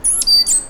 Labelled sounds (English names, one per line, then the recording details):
Stitchbird song
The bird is a male
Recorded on Tiritiri Matangi Island, New Zealand, in 2005
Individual 1, of nest box 1